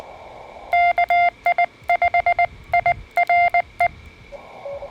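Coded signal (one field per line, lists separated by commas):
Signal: Morse code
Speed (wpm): 20 wpm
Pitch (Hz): 2100 Hz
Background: none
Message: KI5IRE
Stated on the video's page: Morse heard on a portable POTA/camping setup using a Radioddity HF-009 compact HF antenna (5–50 MHz), Xiegu X6100 radio, QRP portable operation.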